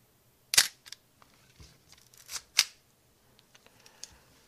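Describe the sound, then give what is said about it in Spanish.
Two sharp mechanical shutter clacks from a Nikon FM2 film SLR loaded with a roll of film, a couple of seconds apart, with softer clicks and ratcheting of the winding lever in between. No one speaks. “Voy a romper una foto para que oigáis el obturador.”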